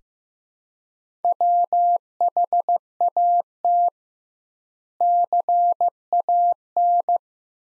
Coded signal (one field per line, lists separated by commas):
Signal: Morse code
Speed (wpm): 15 wpm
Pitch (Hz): 700 Hz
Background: none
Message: WHAT CAN